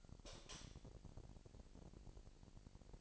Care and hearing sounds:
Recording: daily activity, microphone in the room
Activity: light off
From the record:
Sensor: 5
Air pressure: 1002.0 hPa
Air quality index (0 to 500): 248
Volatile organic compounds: 47 ppm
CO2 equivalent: 3253 ppm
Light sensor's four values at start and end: 17/39/16/17 and 16/39/16/17

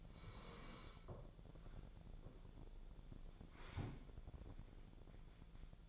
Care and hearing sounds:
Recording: daily activity, microphone in the room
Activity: sit down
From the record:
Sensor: 5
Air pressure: 1000.6 hPa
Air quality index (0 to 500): 148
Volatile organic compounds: 2 ppm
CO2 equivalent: 1148 ppm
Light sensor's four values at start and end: 47/110/46/48 and 47/110/46/48

